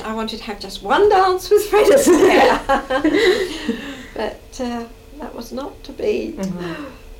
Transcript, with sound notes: I wanted to have just one dance with Fred Astaire. [laughs] But eh, that was not to be.
A-ah.